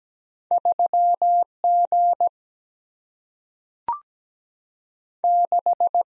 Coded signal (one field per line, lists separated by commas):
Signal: Morse code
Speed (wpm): 17 wpm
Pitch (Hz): 700 Hz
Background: none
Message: 3 G 6